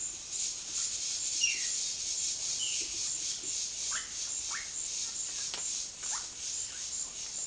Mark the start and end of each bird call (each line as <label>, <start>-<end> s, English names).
Violaceous Jay, 1.29-2.90 s
Russet-backed Oropendola, 3.72-4.72 s
Russet-backed Oropendola, 5.79-6.31 s
Violaceous Jay, 6.57-7.00 s